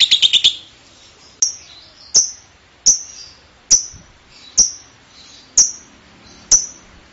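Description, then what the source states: Bird giving a quick burst of five rapid notes, then single sharp, very high downward-slurred chirps repeated about once a second. Masteran training recording.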